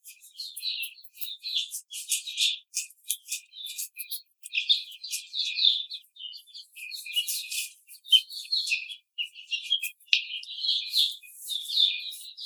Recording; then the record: young laying hens in a cage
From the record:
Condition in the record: treatment cage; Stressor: simulated dog barking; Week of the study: 5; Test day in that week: 1